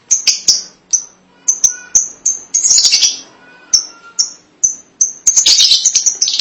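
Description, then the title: Lovebird calling in high, piercing chirps that run together into harsh chattering bursts, separated by brief pauses. "BM Suara Burung Lovebird"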